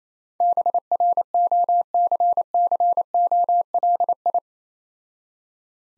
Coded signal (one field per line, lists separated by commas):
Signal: Morse code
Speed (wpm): 28 wpm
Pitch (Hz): 700 Hz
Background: none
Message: BROCCOLI